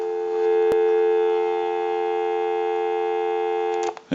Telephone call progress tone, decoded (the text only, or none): dial tone